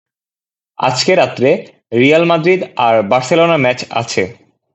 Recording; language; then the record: elicited speech; Bengali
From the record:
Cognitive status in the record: cognitively healthy